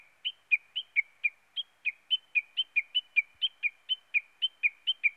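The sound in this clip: Small bird song: a steady series of high chirped notes alternating between two pitches, about four notes each second.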